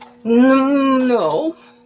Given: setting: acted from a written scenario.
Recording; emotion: vocal sound without words; embarrassment